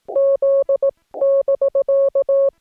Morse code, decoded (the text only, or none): Z <BK>